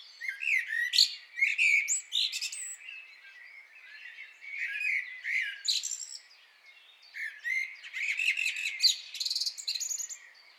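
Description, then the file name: Common blackbird singing in lively bursts of high twittering and chirping notes, separated by short quieter gaps, with squeaky and whistled elements. "Turdus merula"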